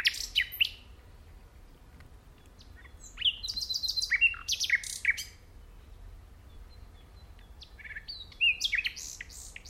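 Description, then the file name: Common nightingale song phrases, varied whistles and sharp chirps in short bursts separated by pauses. "Luscinia megarhynchos"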